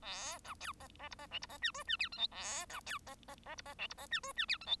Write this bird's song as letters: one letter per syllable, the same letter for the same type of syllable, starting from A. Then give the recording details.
A B C D D E D F E D G H G I J K A B C D D D E D F E D G H G I J K. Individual Bird1